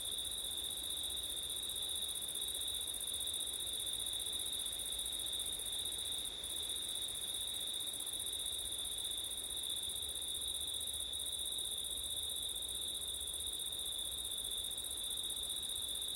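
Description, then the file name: Crickets singing in a steady chorus of high, shimmering trills, two even pitch bands held throughout, the upper one briefly broken twice. Crickets at night in September, with wind, ORTF stereo recording. "crickets wind september night ortif"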